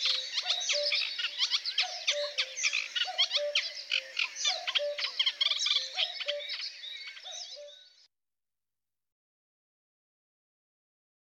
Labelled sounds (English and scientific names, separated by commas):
Eurasian Reed Warbler (Acrocephalus scirpaceus) song